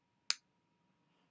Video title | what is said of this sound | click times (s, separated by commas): Dec GlossyBox | heard the click yes | 0.3 s